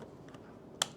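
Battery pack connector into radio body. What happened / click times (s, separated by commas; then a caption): The battery connector clicked home / 0.8 s. A wedge-shaped battery pack is lowered into a pre-production prototype X6200 handheld radio, and its connector is pushed in harder after a gentle first try. Faint ticks at about 0.3 s lead to a single sharp click at 0.8 s as the connector seats into the radio body.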